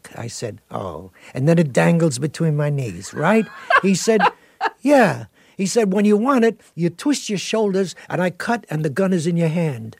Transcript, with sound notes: I said, oh. And then it dangles between my knees, right?
(Laughter).
He said, yeah. He said, when you want it, you twist your shoulders, and I cut, and the gun is in your hand.